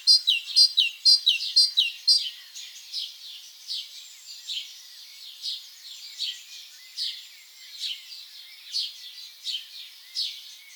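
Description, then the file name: Great tit song: a loud, rapid run of high repeated notes at the start, then fainter, softer notes spaced out through the rest. "Parus major"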